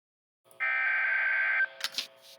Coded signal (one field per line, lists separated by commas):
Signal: Emergency Alert System (SAME) tones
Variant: header bursts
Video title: EAS Catch #6 | Special Marine Warning | Augest 3rd, 2024